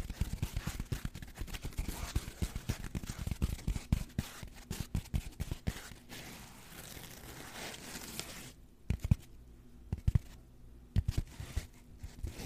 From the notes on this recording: Lots of scratching and rough textures